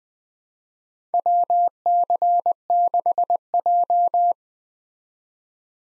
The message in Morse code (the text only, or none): WC6J